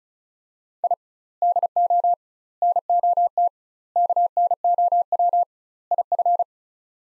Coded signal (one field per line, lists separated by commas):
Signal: Morse code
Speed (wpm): 36 wpm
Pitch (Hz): 700 Hz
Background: none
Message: I DO NOT KNOW IF